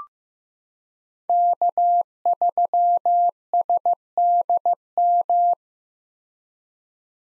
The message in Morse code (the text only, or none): K3SDM